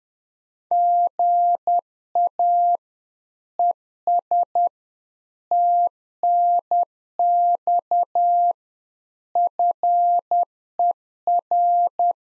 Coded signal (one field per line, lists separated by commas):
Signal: Morse code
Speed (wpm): 10 wpm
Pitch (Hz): 700 Hz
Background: none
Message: GA ES TNX FER